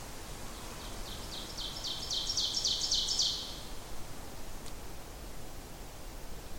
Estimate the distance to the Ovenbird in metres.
about 30 m